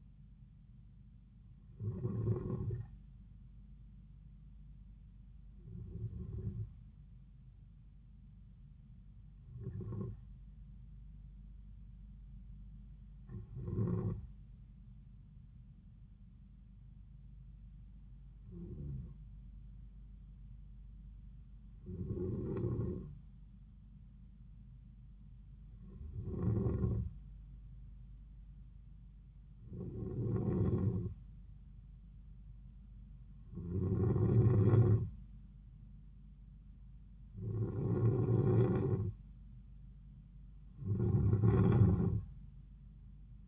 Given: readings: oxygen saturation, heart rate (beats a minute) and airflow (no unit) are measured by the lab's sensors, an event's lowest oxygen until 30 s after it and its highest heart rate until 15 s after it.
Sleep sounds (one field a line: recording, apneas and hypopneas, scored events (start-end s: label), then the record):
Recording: breathing in sleep by a smartphone at the bedside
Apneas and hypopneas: 1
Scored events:
10.00-38.30 s: hypopnea (N2, oxygen 95% highest, then 92% lowest)
From the record:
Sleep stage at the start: N2 (light sleep)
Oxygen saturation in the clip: 91 to 95%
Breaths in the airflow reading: 11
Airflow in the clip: -4.4 to 4.0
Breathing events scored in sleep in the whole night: 270 in 6.1 hours asleep